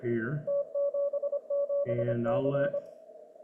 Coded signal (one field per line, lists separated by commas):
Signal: Morse code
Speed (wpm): 25 wpm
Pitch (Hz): 570 Hz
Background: speech, radio noise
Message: T77C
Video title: N1MM Morse Runner Setup